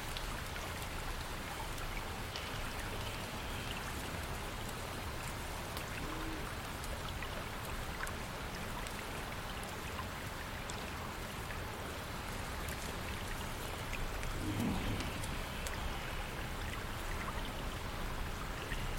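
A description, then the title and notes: A steady, dense wash of sound like gently flowing water or rustling leaves fills the whole stretch, with a low rumble underneath. Small ticks and brief crisp pops scatter throughout, and the level rises slightly around fifteen seconds. Watermill house in the deep forest ambience. You can here distant watermill from small house over there. Rustling of leaves in the trees, birds chirping, gentle water flowing.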